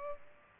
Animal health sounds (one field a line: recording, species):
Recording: mosquito wingbeat signal from an infrared sensor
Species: Culex pipiens